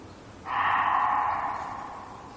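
Reeves's muntjac giving a single harsh, noisy bark that starts abruptly and fades over about a second, against a constant low hiss.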